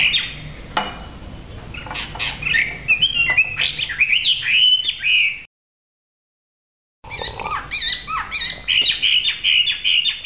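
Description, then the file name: Hwamei singing a rich, rapid medley of whistles and chatter, broken by a silent gap of about a second and a half before resuming. Singing in a lively, vigorous style called gacor. "audio hwamei gacor. omkicau"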